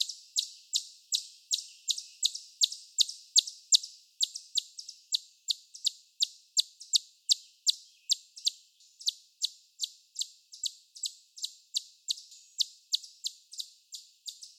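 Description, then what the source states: Chipmunk chip calls: sharp, high, clicky chips repeated steadily about three times a second throughout, with a slightly irregular beat and no other clear sounds. Chorus of chipmunk chip calls.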